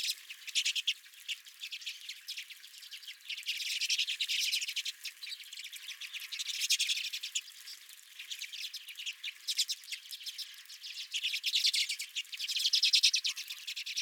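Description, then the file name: Redpolls calling together, a steady run of fast, dry twitters that builds into louder bursts now and then. Several redpolls at the recordist's own feeder. "Redpolls at My Feeder"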